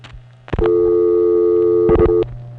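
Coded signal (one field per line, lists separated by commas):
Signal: telephone call progress tone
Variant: North America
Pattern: dial tone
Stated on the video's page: Telephone tones from 1970s New York City trunks, digital vs. analog, through Panel, #1 Crossbar and #5 Crossbar switching machines.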